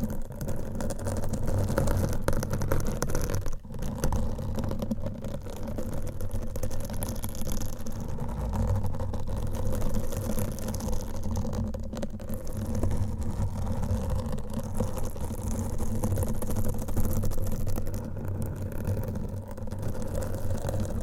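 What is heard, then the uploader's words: Nails scratch steadily across a microphone, a dense, close, rumbling low scrape with brief dips near 3.5, 12 and 18 seconds. Mic Scratching - Brain Scratching with Different Nail Shapes.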